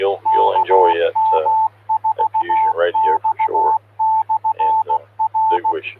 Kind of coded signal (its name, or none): Morse code